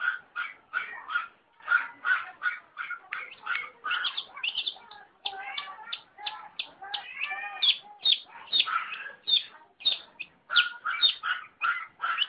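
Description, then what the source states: Long-tailed shrike delivering a long, rhythmic sequence of rapid chirps and warbles, with phrases repeated and varied over twelve seconds. Combination song (kombinasi) style.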